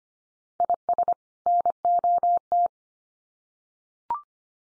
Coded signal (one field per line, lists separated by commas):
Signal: Morse code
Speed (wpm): 25 wpm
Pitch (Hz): 700 Hz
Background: none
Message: IS NOT